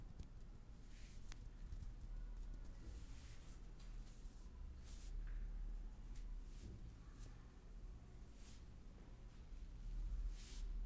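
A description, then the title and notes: A chair massage on the head, scalp, neck and arms, heard as a steady run of soft rubbing and brushing strokes. Bright swishes come every second or so, with a few sharper taps and a low, even hum underneath throughout. Calming chair massage ASMR head, scalp, neck, hand and arms massage.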